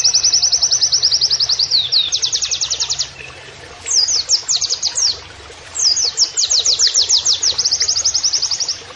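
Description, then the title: White-eye giving rapid, high-pitched rolling trills of evenly repeated notes, pausing briefly between trilled runs. Training audio of a vigorously singing white-eye with canary-like song phrases. "Pleci Gacor. MASTERAN PLECI NEMBAK KENARIAN"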